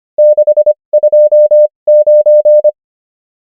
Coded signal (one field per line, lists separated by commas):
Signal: Morse code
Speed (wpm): 25 wpm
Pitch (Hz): 600 Hz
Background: none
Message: 629